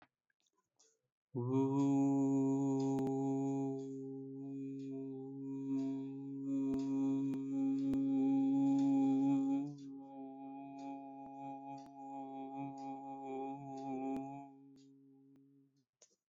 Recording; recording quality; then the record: sustained vowel as in boot; excellent, no background noise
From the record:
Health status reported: healthy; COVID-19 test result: not tested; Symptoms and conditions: breathing difficulty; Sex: male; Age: 25 years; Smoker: yes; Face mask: not worn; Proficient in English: yes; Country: India